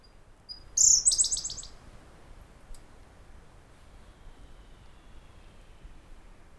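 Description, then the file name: Siberian blue robin song: a few thin, high whistled notes, then a quick buzzy trill lasting under a second, followed by a faint click and quiet background. "robin-siberian-blue -Larvivora-cyane"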